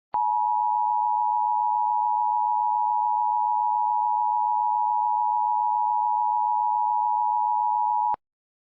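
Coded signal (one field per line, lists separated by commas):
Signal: Emergency Alert System (SAME) tones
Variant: 853 and 960 Hz attention tone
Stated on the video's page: Mock EAS tones, a recreation of a nuclear power plant warning.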